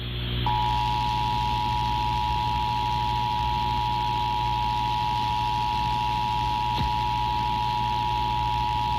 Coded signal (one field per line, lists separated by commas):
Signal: Emergency Alert System (SAME) tones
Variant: 853 and 960 Hz attention tone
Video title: WHAS - Required Monthly EAS Test - 12:15am 6/17/2015